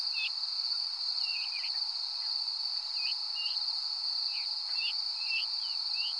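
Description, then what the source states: Veery calls, a run of brief downward-slurred notes coming irregularly, sometimes close together, above a continuous shrill cricket chorus. Descending calls at Danby on 13 August 2020 at 05:30.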